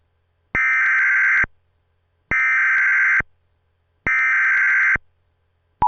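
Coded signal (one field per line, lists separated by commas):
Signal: Emergency Alert System (SAME) tones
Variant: header bursts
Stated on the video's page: Fictional EAS scenario made for entertainment, not a real broadcast; tones may or may not be valid.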